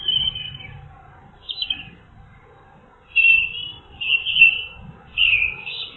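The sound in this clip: Bird chirping in high, slightly buzzy phrases that waver and slur downward, given in short bursts separated by brief pauses.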